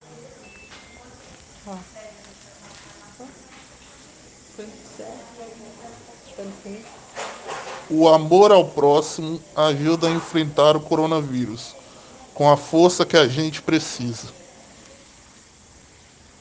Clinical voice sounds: spoken sentence; Brazilian Portuguese; male; 20 to 29 years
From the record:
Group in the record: respiratory insufficiency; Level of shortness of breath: 5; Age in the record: 24 years

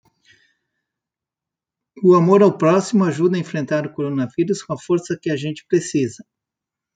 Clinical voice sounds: spoken sentence; Brazilian Portuguese; male; 60 to 69 years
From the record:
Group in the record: control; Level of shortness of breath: 0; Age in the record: 65 years

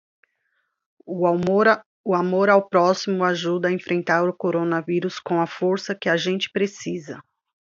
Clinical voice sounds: spoken sentence; Brazilian Portuguese; female; 40 to 49 years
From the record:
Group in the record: control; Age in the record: 42 years

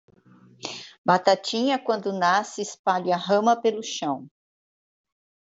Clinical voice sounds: short text; Brazilian Portuguese; female; 50 to 59 years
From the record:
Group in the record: control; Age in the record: 58 years

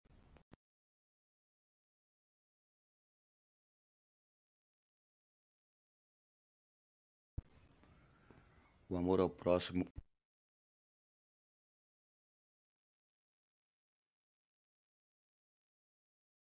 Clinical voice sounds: spoken sentence; Brazilian Portuguese; male; 50 to 59 years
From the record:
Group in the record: control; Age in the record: 53 years

